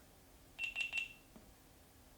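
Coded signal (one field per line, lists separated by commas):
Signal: none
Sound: camera's power beeps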